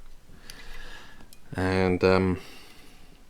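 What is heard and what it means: A flex cable tab is pushed into a small board connector and its gray plastic locking clip is pressed down, giving short, sharp ticks at 0.5 s and 1.3 s. Someone then talks, and the connector is seated.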